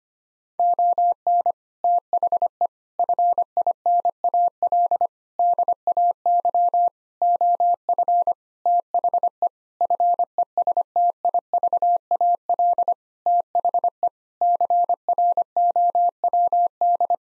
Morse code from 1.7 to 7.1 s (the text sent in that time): THE FINAL DAY